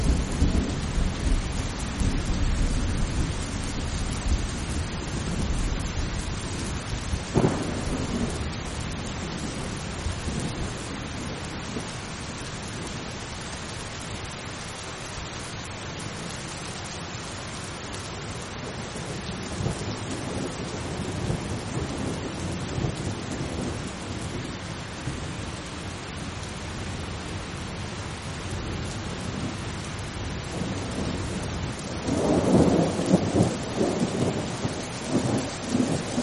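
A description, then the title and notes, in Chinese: Steady, calm rain falls throughout, a dense, even hiss with a soft low rumble underneath. Distant thunder rolls in at the start, a sharper crack lands near seven seconds, and a louder rumble swells again around thirty-two seconds before easing. 助眠雷雨声：平静的雨。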